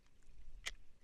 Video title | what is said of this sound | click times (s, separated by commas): Morakniv Basic Limited Edition/Colour of the Year - Best Budget Knife? | which does actually click into place with another more knife | 0.7 s